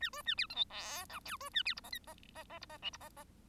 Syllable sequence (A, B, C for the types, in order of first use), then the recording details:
A B A C D E F G H B A C I J K J J J I J L I J J. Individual Bird1